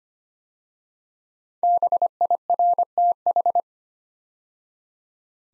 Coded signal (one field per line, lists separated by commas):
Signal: Morse code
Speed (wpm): 25 wpm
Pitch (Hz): 700 Hz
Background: none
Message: BIRTH